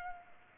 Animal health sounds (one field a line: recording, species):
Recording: mosquito wingbeat signal from an infrared sensor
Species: Culex pipiens